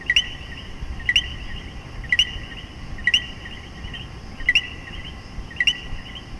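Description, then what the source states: Common coquí repeating its clear 'co-qui' six times, each call a brief low note leading into a rising higher note, with steady insect-like buzz behind. In Puerto Rico.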